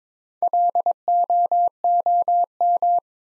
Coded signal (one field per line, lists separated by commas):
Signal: Morse code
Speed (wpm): 23 wpm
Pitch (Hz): 700 Hz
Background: none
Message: LOOM